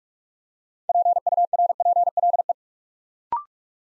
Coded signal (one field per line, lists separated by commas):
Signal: Morse code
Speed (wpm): 44 wpm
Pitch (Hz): 700 Hz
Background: none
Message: PURPLE